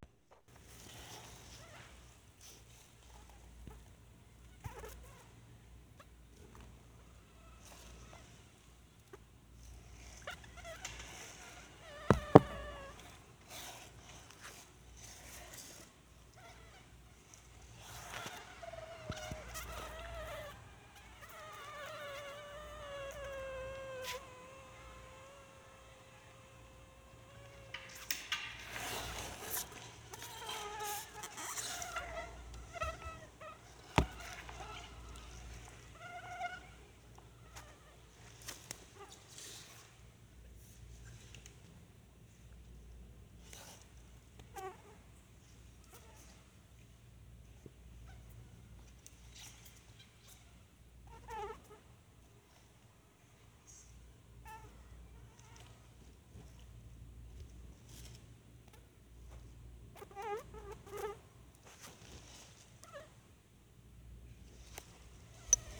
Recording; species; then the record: mosquito flight sound by mobile phone; Anopheles freeborni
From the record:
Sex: mixed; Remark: in a cage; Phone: Sony Xperia